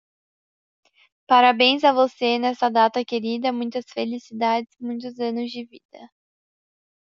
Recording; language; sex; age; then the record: short text; Brazilian Portuguese; female; 20 to 29 years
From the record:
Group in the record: control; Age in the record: 20 years